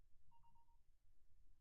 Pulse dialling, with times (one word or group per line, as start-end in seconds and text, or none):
none